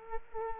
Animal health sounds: mosquito wingbeat signal from an infrared sensor; Culex quinquefasciatus

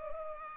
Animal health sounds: mosquito wingbeat signal from an infrared sensor; Culex pipiens

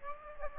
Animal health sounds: mosquito wingbeat signal from an infrared sensor; Aedes aegypti

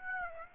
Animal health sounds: mosquito wingbeat signal from an infrared sensor; Aedes aegypti

